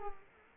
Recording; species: mosquito wingbeat signal from an infrared sensor; Culex quinquefasciatus